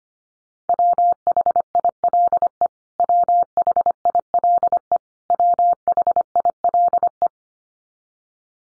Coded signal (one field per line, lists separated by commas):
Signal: Morse code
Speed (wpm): 25 wpm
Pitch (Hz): 700 Hz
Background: none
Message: WHILE WHILE WHILE